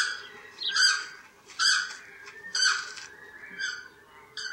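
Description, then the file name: South Island takahe calls, several loud harmonic notes spaced about a second apart, over a quiet low hum. "Notornis"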